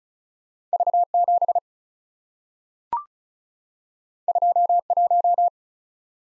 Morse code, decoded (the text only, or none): V7 21